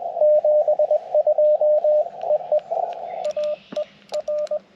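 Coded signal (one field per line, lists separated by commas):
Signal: Morse code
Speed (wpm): 21 wpm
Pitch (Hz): 600 Hz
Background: radio noise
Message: 72 EE AE R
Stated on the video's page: CW Parks on the Air activation with a Yaesu FT-891, Chelegance MC-750 antenna and Bamatech TP-III paddle; many keying mistakes until switching to the Elecraft KX2 keyer.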